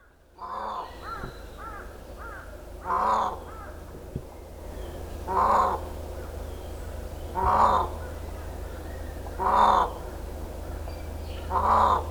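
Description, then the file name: Indian peafowl calling with a harsh, honking wail repeated about every two seconds over a constant low hum. Miyakojima, 13 April 2017. "indokujaku miyakojima"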